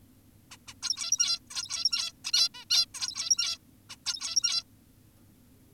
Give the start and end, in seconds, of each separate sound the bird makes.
0.51-0.57, 0.68-0.74, 0.83-1.40, 1.51-2.12, 2.25-2.32, 2.34-2.49, 2.54-2.65, 2.70-2.86, 2.94-3.58, 3.90-3.96, 4.06-4.64